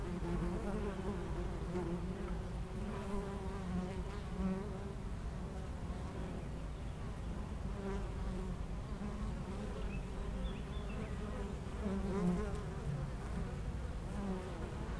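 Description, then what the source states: Honey bees produce a sustained, busy hum with frequent close passes by individual bees and a faint bird call. Foraging honey bees flying back and forth to flowers between two hives at a garden apiary in Aix-les-Bains, France; some birds in the nearby woods.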